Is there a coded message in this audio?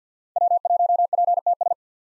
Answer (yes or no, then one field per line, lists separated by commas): yes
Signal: Morse code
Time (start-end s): 0.4-1.7 s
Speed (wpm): 50 wpm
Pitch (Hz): 700 Hz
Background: none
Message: W1PTS